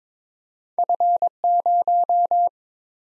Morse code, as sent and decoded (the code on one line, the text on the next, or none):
..-. -----
F0